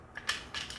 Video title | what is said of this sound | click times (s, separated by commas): Leader class Earthrise Doubledealer Video Review | and once you get it like that still about all the way in there big snap | 0.2 s, 0.3 s